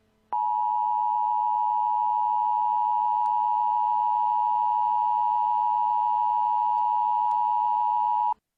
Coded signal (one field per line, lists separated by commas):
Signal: Emergency Alert System (SAME) tones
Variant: 853 and 960 Hz attention tone